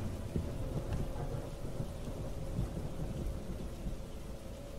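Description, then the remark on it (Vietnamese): Steady rain hisses and patters continuously while low thunder rumbles underneath, with a few heavier swells of rumble breaking through the dense, even wash of sound. “Không biết ngủ được bao lâu, trời vẫn còn mưa.”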